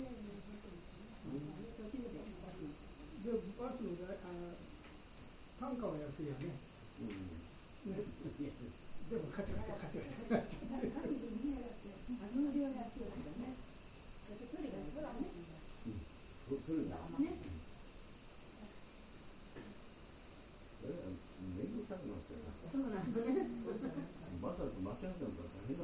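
Kyoto field recording with people talking on and off throughout, under a constant bright high hiss that shifts pitch slightly twice.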